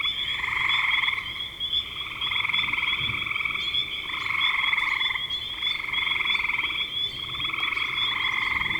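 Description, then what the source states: Chorus of frogs with long grating pulsed trills in overlapping bursts, a continuous high tone and a few faint clicks. Recorded in spring 2025.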